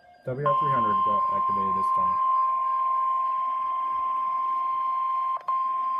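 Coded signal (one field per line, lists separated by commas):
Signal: Emergency Alert System (SAME) tones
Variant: 1050 Hz attention tone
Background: speech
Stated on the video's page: Back-to-back Tornado Warning and Severe Thunderstorm Warning, captured from two stations, one on TV.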